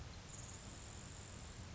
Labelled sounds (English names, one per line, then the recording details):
Grasshopper Sparrow
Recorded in Sonoma County, California